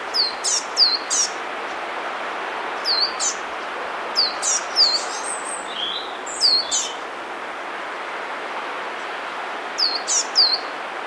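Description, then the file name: Eurasian blue tit calls: clusters of two to four thin, high, sharp notes repeated several times, over a steady broad rushing background noise. "Cyanistes caeruleus"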